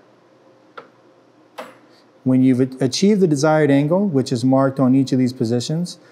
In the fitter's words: pop into place as noted by that noise you can hear the clicking noise as I turn it